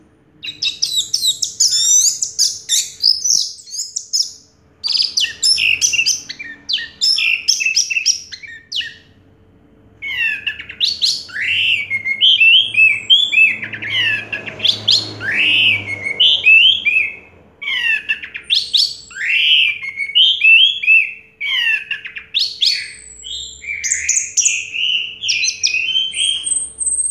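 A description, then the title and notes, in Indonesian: An anis merah, an orange-headed thrush, sings busily and without letup in long bright phrases of quick whistles, trills and chirps, pausing briefly around 5, 10, 18 and 22 seconds. A faint low hum runs underneath, with a soft rustle near the middle. Anis merah gacor.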